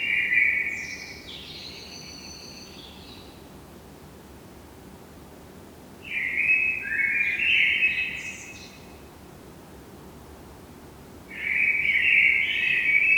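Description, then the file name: Eurasian blackbird singing three rich fluted phrases separated by long pauses, the first ending in high squeaky twitters, over low steady background noise. "Turdus merula"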